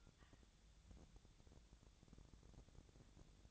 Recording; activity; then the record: daily activity, microphone in the room; take from stove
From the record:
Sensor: 3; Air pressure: 999.9 hPa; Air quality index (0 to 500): 128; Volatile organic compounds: 2 ppm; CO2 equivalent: 1143 ppm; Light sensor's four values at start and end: 44/111/48/53 and 44/111/48/53